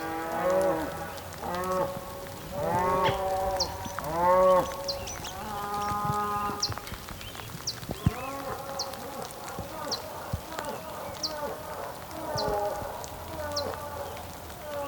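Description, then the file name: Bulls moo in a series of short bursts, then in longer lows, while a bird chirps repeatedly at a high pitch. Ambience recorded on the Patagonian plain, with bulls and birds. "ambience patagonian plain bulls birds rain"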